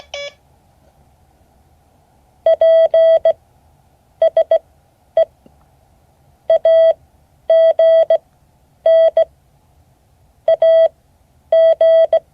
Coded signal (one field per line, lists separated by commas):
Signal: Morse code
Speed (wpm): 17 wpm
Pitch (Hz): 650 Hz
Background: none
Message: PSE AGN AG